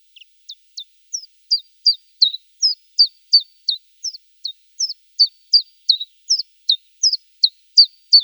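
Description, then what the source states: Common chiffchaff song: a steady run of high, sharp notes, about three per second, unbroken throughout, with no other sounds. East European subspecies.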